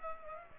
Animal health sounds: mosquito wingbeat signal from an infrared sensor; Culex pipiens

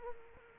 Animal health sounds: mosquito wingbeat signal from an infrared sensor; Culex quinquefasciatus

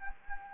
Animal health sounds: mosquito wingbeat signal from an infrared sensor; Anopheles gambiae

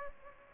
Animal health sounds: mosquito wingbeat signal from an infrared sensor; Aedes aegypti

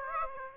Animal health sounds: mosquito wingbeat signal from an infrared sensor; Aedes aegypti

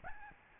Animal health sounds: mosquito wingbeat signal from an infrared sensor; Aedes albopictus

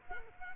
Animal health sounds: mosquito wingbeat signal from an infrared sensor; Culex quinquefasciatus

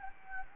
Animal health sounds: mosquito wingbeat signal from an infrared sensor; Anopheles gambiae

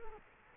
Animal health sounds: mosquito wingbeat signal from an infrared sensor; Culex quinquefasciatus

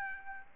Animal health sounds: mosquito wingbeat signal from an infrared sensor; Aedes albopictus

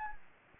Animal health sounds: mosquito wingbeat signal from an infrared sensor; Anopheles gambiae

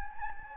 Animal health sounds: mosquito wingbeat signal from an infrared sensor; Anopheles gambiae

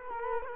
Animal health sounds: mosquito wingbeat signal from an infrared sensor; Culex quinquefasciatus

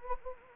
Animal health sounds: mosquito wingbeat signal from an infrared sensor; Anopheles gambiae

